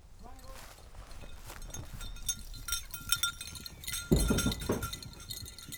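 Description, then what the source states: Goats bumping: irregular knocks and thuds with metallic clinks and a ringing bell-like tone. Goats bumping on a goat farm.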